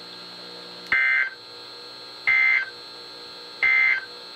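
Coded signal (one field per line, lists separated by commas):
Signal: Emergency Alert System (SAME) tones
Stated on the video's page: Alert from NOAA Weather Radio stations received on many weather radios.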